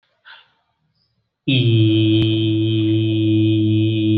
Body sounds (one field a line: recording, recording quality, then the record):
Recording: sustained vowel as in beet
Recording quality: excellent, no background noise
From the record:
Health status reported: exposed to COVID-19, no respiratory illness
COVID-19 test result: not tested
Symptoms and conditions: none ticked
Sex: male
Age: 44 years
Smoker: not ticked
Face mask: not worn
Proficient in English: yes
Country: India